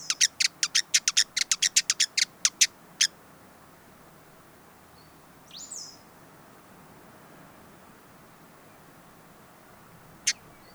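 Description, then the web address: Hooded visorbearer calls: a quick burst of crisp ticking chips for three seconds, silence with a faint different bird note midway, then one lone chip near the end. "sound Hooded-visorbearer. صدای-پرنده-آفتابگیر-کلاهدار"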